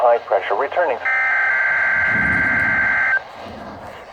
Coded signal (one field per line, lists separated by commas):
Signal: Emergency Alert System (SAME) tones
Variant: header bursts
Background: speech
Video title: Required Weekly Test - 03/19/2020 (EAS #298)